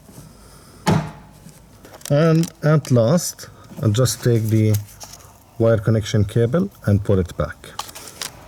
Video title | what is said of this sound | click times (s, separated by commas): How To Repair Car Lights | that the rack is sitting in its place all I have to do is push it until I hear the click and | 0.9 s